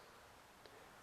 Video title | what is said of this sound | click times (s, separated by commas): How to assemble a Bolt | when you slightly put pressure onto the spring, you'll feel it snap into place. | 0.7 s